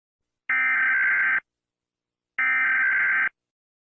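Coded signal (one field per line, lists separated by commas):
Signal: Emergency Alert System (SAME) tones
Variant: header bursts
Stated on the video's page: Fictional EAS scenario, not a real alert; made for entertainment.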